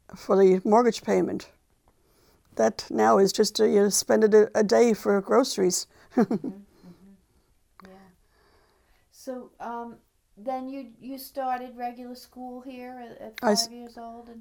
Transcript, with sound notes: for the mortgage payment. That now is just, you spend it a day for groceries. (she chuckles)
Yeah. So, then you, you started regular school here at five years old, and...